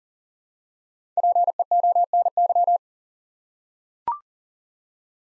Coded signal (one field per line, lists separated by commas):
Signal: Morse code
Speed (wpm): 40 wpm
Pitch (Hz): 700 Hz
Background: none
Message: PEONY